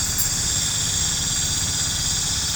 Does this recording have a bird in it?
no